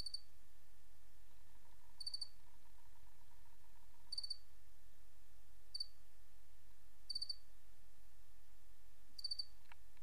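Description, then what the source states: Cricket calling with six high, pulsed chirps at one- to two-second intervals, accompanied by a faint hum and low rumble. 28 August 2007; white-noise crickets.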